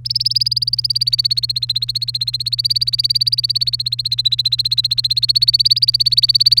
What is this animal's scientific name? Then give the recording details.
Serinus canaria. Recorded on 1 May 2018 at 17:10. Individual llb3